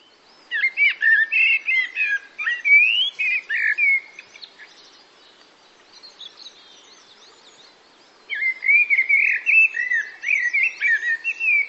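Bird singing a fast, varied jumble of whistled and twittering phrases, with a quieter stretch midway before the busy warbling resumes.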